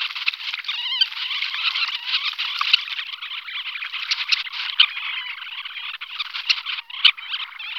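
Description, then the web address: Red-necked phalarope chattering: a dense, unbroken mass of sharp, twittering notes, with brief louder chips standing out now and then. "All the bird songs of Britain and Europe - Jean-Claude Roche. Phalaropus lobatus"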